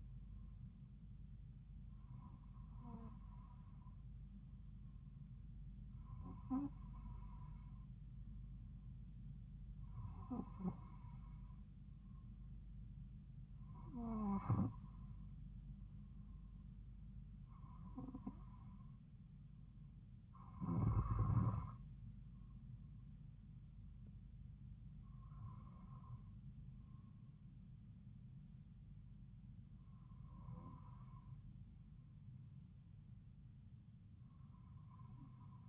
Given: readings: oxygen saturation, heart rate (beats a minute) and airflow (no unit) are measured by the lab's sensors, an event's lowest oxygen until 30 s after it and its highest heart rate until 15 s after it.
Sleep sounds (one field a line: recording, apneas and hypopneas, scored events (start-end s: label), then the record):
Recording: breathing in sleep by a smartphone at the bedside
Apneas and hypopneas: none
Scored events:
none scored
From the record:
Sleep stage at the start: N2 (light sleep)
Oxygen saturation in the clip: 93 to 94%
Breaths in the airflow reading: 8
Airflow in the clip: -2.9 to 2.8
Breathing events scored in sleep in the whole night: 270 in 6.1 hours asleep